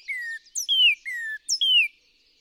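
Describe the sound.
Northern cardinal song: repeated downslurred whistles, each introduced by a quick high note and alternating with lower falling whistles.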